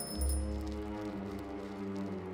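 A bicycle bell in the street gives a single bright metallic ring whose high tone fades quickly, leaving a sustained, resonant ringing hum underneath for a couple of seconds. No one speaks.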